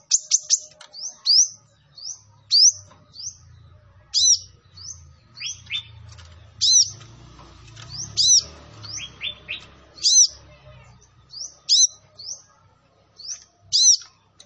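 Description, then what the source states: Sunbird song: sharp high chirps and short notes, repeated, with a faint low rumble underneath. Indonesian training (masteran) song of a Kolibri Ninja singing energetically (gacor), with full fills (isian) and 'tembakan' bursts; meant as a lure for other birds.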